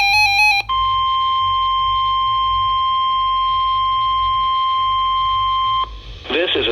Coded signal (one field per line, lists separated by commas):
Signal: Emergency Alert System (SAME) tones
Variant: 1050 Hz attention tone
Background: speech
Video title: EAS Tripleheader Toronto warning flood watch severe thunderstorm warning